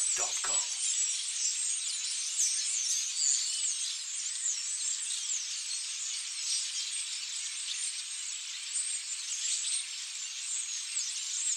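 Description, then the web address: Starling: continuous roar of many starlings chattering and whistling together, a steady wash of high squeaks, with a few low knocks at the start. "sound-effects-bible Birds Starlings"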